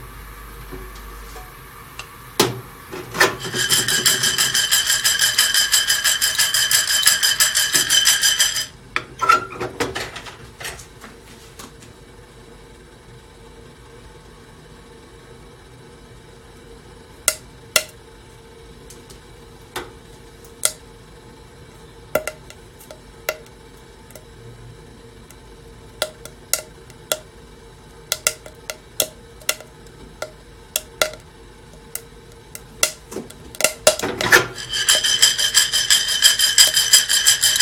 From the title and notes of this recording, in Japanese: 今朝は”キリマンジャロブレンド”生豆を焙煎。